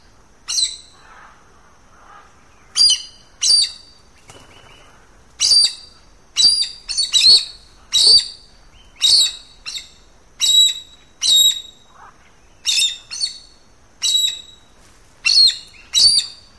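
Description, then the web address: Aracari calls: short, sharp, high-pitched squeaky notes given about once a second, sometimes in quick pairs, throughout with a quiet background. "cantos arasari"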